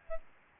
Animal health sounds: mosquito wingbeat signal from an infrared sensor; Aedes albopictus

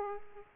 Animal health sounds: mosquito wingbeat signal from an infrared sensor; Aedes aegypti

